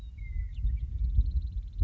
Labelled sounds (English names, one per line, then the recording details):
Western Meadowlark
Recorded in Sonoma County, California